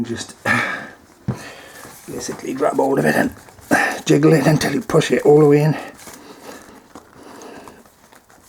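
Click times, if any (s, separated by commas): none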